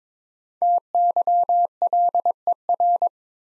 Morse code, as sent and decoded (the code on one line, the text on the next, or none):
- -.-- .-.. . .-.
TYLER